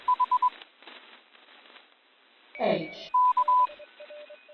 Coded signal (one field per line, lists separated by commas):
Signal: Morse code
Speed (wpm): 22 wpm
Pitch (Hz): 1000 Hz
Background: none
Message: H K